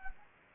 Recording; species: mosquito wingbeat signal from an infrared sensor; Anopheles gambiae